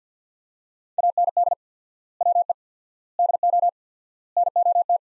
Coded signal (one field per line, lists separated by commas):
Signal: Morse code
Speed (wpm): 47 wpm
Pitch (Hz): 700 Hz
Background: none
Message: AND WE DO NOT